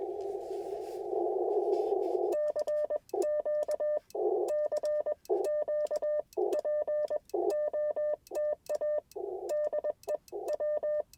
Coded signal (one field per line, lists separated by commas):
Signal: Morse code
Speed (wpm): 21 wpm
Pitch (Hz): 600 Hz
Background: none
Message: CQ CQ POTA DE W